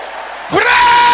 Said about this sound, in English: Brothers, let your voice roar like thunder.